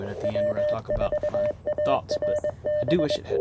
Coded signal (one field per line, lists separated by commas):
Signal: Morse code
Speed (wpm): 22 wpm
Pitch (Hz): 600 Hz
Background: speech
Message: W4ARB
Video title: CFT1 by KM4CFT First Impressions - & QRP CW POTA